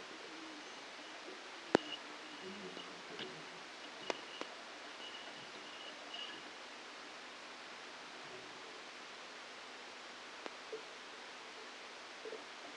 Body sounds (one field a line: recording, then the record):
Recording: brain microelectrode recording played as sound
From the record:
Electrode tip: outside the subthalamic nucleus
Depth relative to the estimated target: 2 mm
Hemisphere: left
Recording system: NeuroSet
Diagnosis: Parkinson's disease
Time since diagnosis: 27 years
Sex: male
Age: 62 years